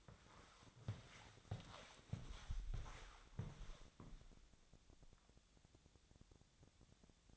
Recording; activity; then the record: daily activity, microphone in the room; walk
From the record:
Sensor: 3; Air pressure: 1000.5 hPa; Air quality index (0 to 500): 167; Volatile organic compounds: 3 ppm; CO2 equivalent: 1460 ppm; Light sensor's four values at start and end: 17/45/18/20 and 17/45/18/20